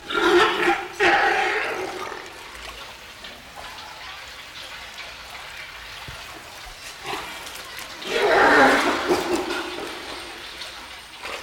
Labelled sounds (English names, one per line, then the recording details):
South American Fur Seal
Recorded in captivity
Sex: male
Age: adult
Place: Münchner Tierpark Hellabrunn, Bayern, DE
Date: 1993-09-20 15:26
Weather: 19°C, heiter
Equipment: Marantz CP 430, Sennheiser MKH 416 T, Kopie Uher Variocord 263
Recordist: Tembrock, Günter